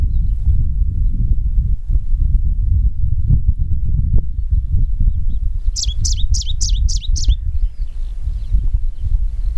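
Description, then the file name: Smoky warbler delivering a fast series of about six bright, high notes in quick succession, followed by faint softer notes, against steady low rumbling noise. "warbler-smoky -Phylloscopus-fuligiventer"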